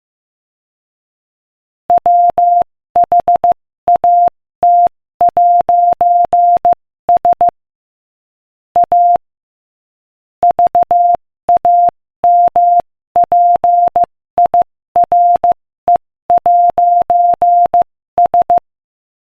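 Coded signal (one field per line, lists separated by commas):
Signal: Morse code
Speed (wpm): 15 wpm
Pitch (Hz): 700 Hz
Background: none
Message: WHAT'S A VAMPIRE'S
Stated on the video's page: Morse code practice at 15 wpm; the text is a joke.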